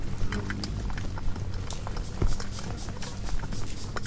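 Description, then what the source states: Insects at a lamp: irregular tapping with occasional louder knocks among many faint ticks and a low hum. Hundreds of bugs frantically congregating at night around the only light source, a porch bulb on a savannah wildlife ranch in South Africa, November 2016; miniature omni, lampshade-mounted and cardioid microphones, Zoom F8 recorder.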